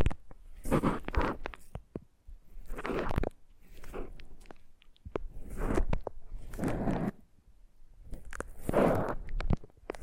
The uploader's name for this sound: Foam Massage